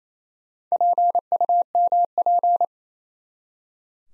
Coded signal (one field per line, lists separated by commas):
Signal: Morse code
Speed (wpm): 28 wpm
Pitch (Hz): 700 Hz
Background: none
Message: PUMP